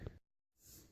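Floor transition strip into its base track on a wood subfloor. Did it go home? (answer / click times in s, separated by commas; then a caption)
no / none. A laminate floor transition strip is handled against its screwed-down base track on a wood subfloor, where a small ledge on the strip is meant to snap it in with a lot of pressure. A brief low thump at 0.1 s is followed by near silence, then a rising broadband hiss of handling noise. Nothing has seated or clicked yet.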